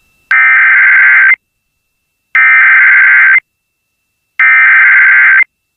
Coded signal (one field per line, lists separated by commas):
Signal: Emergency Alert System (SAME) tones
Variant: header bursts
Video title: EAS Automated Required Weekly Tests on WBNF-FM and WBLK-AM (September 30, 2025) 11:21am